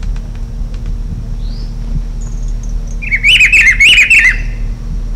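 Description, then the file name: Rufous-browed peppershrike song: one loud, rich warbled phrase of rising and falling notes arriving late, over a steady low hum and a few faint high notes. Recorded in Serra da Cantareira, São Paulo, Brazil. "Cyclarhis-gujanensis-Serrada Cantareira-SP-Brazil. ASilveira"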